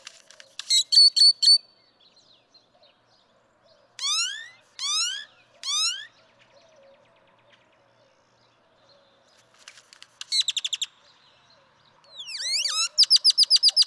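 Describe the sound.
Great-tailed grackle song with quick clicks, three loud upward-sweeping whistles, a dry rattle, and a final rising slur followed by rapid clicking.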